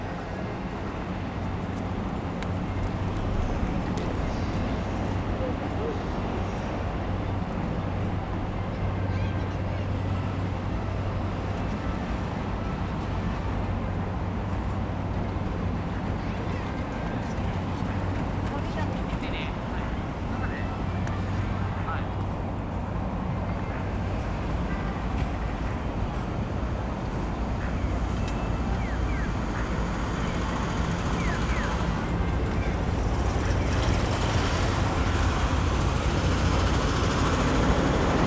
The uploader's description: Field-recorded at Takanawa Gateway Sta., Tokyo.